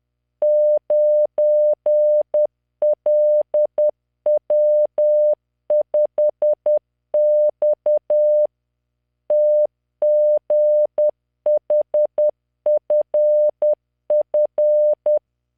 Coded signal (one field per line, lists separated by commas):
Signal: Morse code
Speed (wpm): 10 wpm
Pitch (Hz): 600 Hz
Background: none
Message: 9LW5X TGHFF